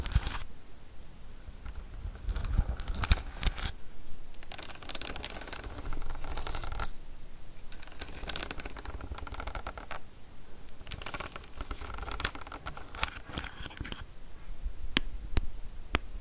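Tapping on a camera lens mixes with scratching and brushing. Soft swishy strokes come in bursts, around two to four seconds, eight to ten, and twelve to fourteen, scattered with quick dry clicks. Near the end, a few sharp, isolated taps ring out clearly.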